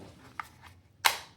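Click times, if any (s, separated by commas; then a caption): 0.4 s, 1.1 s. An OEM polymer pistol magazine sits in a magazine loader, and the loader's scissor handle is pushed down so the loader rises and locks onto the magazine. A short click comes at 0.4 s, followed by a louder, sharper snap at 1.1 s as it locks into place. The magazine is firmly seated in the loader.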